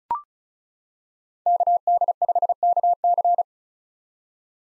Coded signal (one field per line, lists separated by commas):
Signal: Morse code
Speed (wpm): 34 wpm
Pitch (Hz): 700 Hz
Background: none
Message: KD5KC